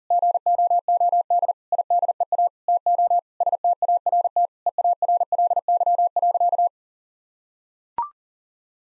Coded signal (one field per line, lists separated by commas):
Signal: Morse code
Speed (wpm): 40 wpm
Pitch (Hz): 700 Hz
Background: none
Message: GOOD IDEA TO START EARLY.